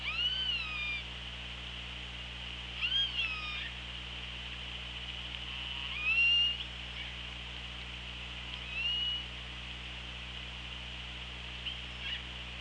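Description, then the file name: Killer whale calls: several upswept, harmonic squealing calls with a bent, wavering tone, spaced about every three seconds over steady underwater hiss and low hum. OrcaLab hydrophone, 24 August 2017, around 15:45. "Orca Lab 20170824 154526"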